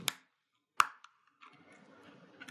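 A tool is run along the outside edge of a wide black key cap on an HP Pavilion 14-BS / 14-BA / 14-BW laptop keyboard to disconnect it from its metal stabilizer arms. Sharp snaps are heard at 0.1 s and 0.8 s, followed by a faint tap and soft scraping with a few light clicks near the end. The wide key cap comes loose, released from the metal support arms.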